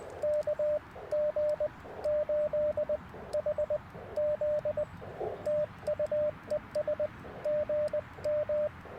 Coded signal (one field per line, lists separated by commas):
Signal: Morse code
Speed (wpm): 20 wpm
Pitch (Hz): 600 Hz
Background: radio noise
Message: KG8HZ TU ES GM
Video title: QRP CW at Tuskegee National Forest - 1/28/24